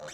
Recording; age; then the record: pig call; piglet (1 to 25 days)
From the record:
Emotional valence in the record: negative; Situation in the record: short isolation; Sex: male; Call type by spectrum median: low-frequency call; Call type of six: mixed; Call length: 0.14 s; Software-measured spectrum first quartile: 633 Hz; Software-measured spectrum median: 1545 Hz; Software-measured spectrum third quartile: 4333 Hz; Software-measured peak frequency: 533 Hz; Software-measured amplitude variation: 62 dB a second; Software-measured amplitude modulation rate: 17.7 a second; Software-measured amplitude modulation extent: 3.5 dB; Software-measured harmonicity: 2.8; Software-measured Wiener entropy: -2.23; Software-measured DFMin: 833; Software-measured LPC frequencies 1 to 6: 590, 1474, 2004, 3131, 3718, 5956 Hz